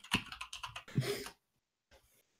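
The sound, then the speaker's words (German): Rapid clattering keystrokes on a computer keyboard for about a second, then a short pause and a brief final tap or two, as someone types a question into a website contact form. No voices. “Ja, komm, schreib mal bitte, klick mal 16 an und schreib why? Fragezeichen ins Kontaktformular.”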